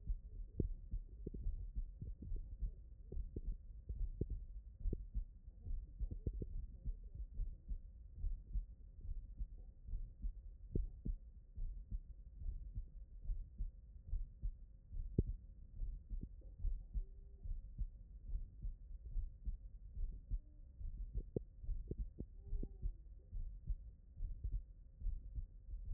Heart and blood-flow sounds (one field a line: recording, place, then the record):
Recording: heart sounds by stethoscope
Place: tricuspid valve (TV)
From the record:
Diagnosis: HFrEF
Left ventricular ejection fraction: 33%